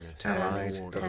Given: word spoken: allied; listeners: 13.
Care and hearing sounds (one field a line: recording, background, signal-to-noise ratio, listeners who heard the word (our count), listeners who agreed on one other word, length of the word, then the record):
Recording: one English word in noise, from a listening test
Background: four-talker babble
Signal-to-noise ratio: 0.5 dB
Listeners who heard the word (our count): 0 of 13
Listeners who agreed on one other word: 6 of 13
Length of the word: 0.69 s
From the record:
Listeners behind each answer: 6, 3, 1, 1, 1, 1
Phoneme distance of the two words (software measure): 37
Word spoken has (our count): 2 syllables, 4 phonemes, stress on syllable 2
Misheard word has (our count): 1 syllable, 3 phonemes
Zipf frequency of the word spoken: 3.69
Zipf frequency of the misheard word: 5.24